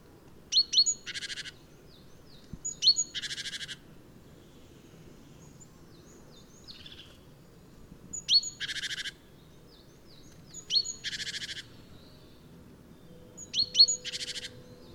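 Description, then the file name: Great tit calls: a few sharp high notes followed by a buzzy rasping burst, repeated several times over steady low background noise. "Parus major"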